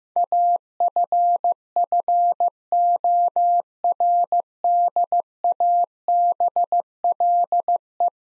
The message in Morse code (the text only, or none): AFFORDABLE